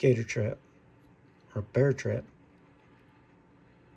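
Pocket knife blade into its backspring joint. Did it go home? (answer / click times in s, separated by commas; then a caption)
no / none. A slipjoint pocket knife blade is handled while being closed into its backspring joint under strong spring tension. Someone talks over a quiet background, but the blade has not snapped shut and nothing has seated yet.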